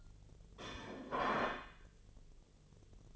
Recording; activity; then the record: daily activity, microphone in the room; place plate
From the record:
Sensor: 4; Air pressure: 1010.2 hPa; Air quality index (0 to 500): 180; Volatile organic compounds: 5 ppm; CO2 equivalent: 1828 ppm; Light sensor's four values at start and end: 31/93/36/36 and 31/93/36/36